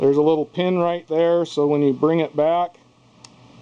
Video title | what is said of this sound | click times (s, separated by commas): SONY ZV-E10 CAMERA MY FIRST LOOK & TEST | you probably couldn't hear that but there's an audible click you can hear | 3.2 s